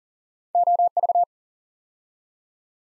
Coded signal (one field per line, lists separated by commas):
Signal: Morse code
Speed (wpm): 39 wpm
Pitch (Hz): 700 Hz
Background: none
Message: OV